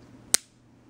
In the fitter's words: it up you just push it up and it locks into place